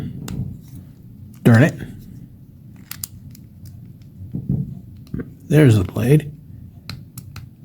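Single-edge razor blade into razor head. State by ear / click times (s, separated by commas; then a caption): seated / 6.9 s. A single-edge razor blade is loaded into the head of a Supply Max metal safety razor while someone talks, with small handling clicks throughout. The blade snaps into place with a sharp click at 6.9 s, seated home.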